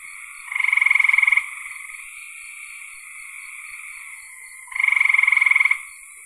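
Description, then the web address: Frog calls: two loud rapid pulsed trills about four seconds apart, with a steady quieter drone of other frogs between. "cn frogs"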